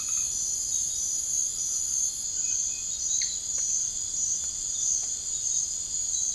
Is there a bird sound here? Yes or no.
no